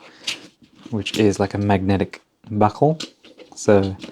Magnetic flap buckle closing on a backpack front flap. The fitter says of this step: just snaps in place and then you just slide it to the side to open it up now